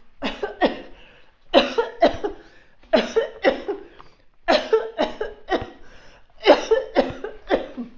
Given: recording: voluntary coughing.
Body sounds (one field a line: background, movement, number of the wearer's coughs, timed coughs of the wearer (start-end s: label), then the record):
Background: quiet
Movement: walking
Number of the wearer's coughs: 12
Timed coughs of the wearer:
0.23-0.54 s: cough
0.59-0.94 s: cough
1.51-1.88 s: cough
1.99-2.37 s: cough
2.91-3.29 s: cough
3.42-3.97 s: cough
4.46-4.97 s: cough
4.97-5.33 s: cough
5.49-5.83 s: cough
6.43-6.93 s: cough
6.94-7.37 s: cough
7.48-7.91 s: cough
From the record:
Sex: female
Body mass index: 21.8 kg/m2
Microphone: on the chest, facing outward